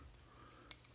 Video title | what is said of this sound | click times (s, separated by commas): Segement swap and wiring mods - T56 tune with truck harness and PCM for #LSswap Beretta | Clicks in place and it's good to go | 0.7 s, 0.8 s